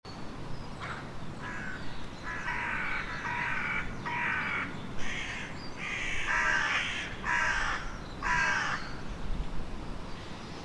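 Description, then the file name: Carrion crow cawing: a series of harsh, hoarse caws over ten seconds, with a steady low rumble in the background. "Corvus corone"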